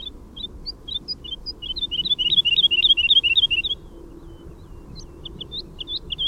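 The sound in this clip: Woodlark song with spaced soft notes quickening into a dense warbling run, then a pause and scattered high notes again, faint low background noise.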